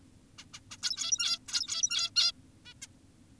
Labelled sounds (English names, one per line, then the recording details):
Zebra Finch
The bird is an adult
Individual g17y2U